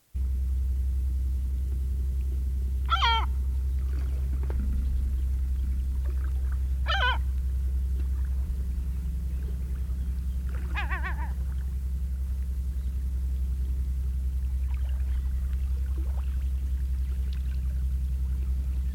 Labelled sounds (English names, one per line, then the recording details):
European Herring Gull call
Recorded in the wild
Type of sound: call
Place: Varna, BG
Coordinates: 43.427, 28.162
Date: 1974-06-06
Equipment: Nagra III BH, Sennheiser MD 21, parabola
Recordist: Schubert, Michael
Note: Rufe Silbermöwe